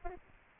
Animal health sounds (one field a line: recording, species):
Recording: mosquito wingbeat signal from an infrared sensor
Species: Aedes albopictus